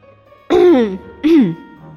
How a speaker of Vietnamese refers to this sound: Lô Phương ho nhẹ một tiếng, nhắc nhở Bạch Ngọc Đường và Triển Chiêu: Chỗ này còn có người khác, các người bình tĩnh một chút.